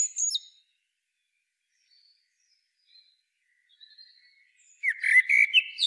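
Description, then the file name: Common blackbird, a brief high note at the start, near silence, then a fluty warbled phrase with sharp high squeaks at the end. "Turdus merula"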